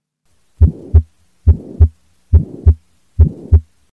Pulmonic or pulmonary stenosis is where there is narrowing affecting the pulmonary valve and therefore blood moving from the right ventricle to the pulmonary artery. It is usually congenital but may not present until adulthood and is part of the tetralogy of Fallot. Best heard at the pulmonary area and is a crescendo-decrescendo systolic murmur with a harsh character. Unlike aortic stenosis, it does not generally radiate, but some sources mention it may towards the left shoulder and.